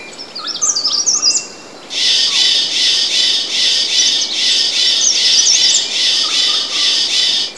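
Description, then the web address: Bird calling: high thin whistles at first, then a loud, buzzy, pulsing call of several rhythmic bursts over about five seconds, with other whistles faintly mixed in. Jungle bird ambience. "Zero-G Ambient 1 JUNGLE BIRDS STRANGEBIRD"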